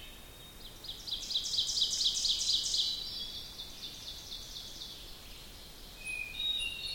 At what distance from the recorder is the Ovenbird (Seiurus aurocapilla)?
about 30 m